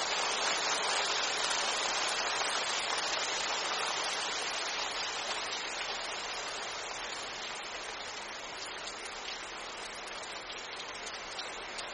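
Rain falls through a bamboo grove in a steady, dense hiss, with countless fine drops ticking on leaves and stalks. The sound stays even and bright from start to finish, fading only slightly, with little low rumble beneath and no distinct individual events.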